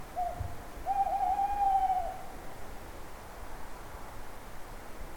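Owl hooting: a short note, then a long steady hoot lasting about a second, over a soft background hiss.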